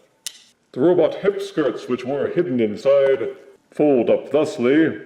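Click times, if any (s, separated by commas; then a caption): 0.3 s. A plastic transformation panel near the middle of a transforming robot action figure's body is pushed down and clicks into place with a single sharp snap at 0.3 s. Someone then talks.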